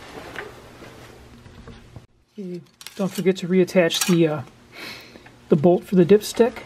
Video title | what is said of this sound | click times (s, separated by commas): Noisy Hydraulic Lifters? How to remove and Replace Caravan 3.0L and Others | until it clicks don't | 0.4 s